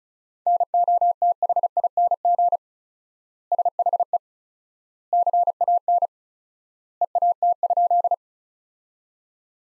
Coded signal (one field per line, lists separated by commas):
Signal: Morse code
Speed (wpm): 36 wpm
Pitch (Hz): 700 Hz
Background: none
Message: NOTHING SHE CAN EAT?